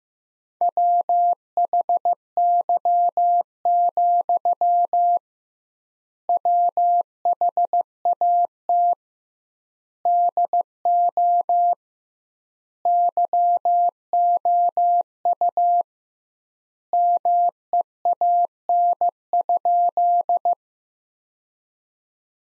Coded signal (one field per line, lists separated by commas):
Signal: Morse code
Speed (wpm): 15 wpm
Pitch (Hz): 700 Hz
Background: none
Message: WHY, WHAT DO YOU MEAN?